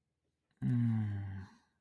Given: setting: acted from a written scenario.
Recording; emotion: vocal sound without words; desire